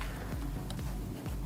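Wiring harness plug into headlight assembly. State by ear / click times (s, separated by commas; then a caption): not seated / none. A wiring harness plug is handled at the headlight assembly of a 2011–2016 Hyundai Elantra during a low beam headlight bulb replacement, before being pushed in until it clicks. Steady music plays throughout, with brief handling sounds near 0.0, 0.7, 0.8 and 1.3 seconds. Nothing has seated or clicked yet.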